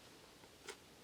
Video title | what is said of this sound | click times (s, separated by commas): Skirt Construction Part 6 - Finishing the Skirt | it goes and then give it a little tug should snap into place | 0.7 s